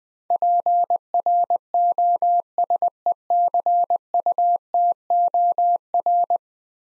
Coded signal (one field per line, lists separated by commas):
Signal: Morse code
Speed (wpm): 21 wpm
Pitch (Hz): 700 Hz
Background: none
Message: PROSECUTOR